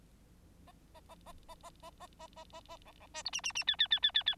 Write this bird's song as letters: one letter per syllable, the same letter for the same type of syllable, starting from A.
A A A A A A A A A A A A B B C D E E E F F F F F F